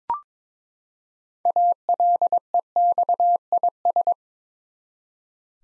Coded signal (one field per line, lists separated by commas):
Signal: Morse code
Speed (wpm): 22 wpm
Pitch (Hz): 700 Hz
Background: none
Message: ALEXIS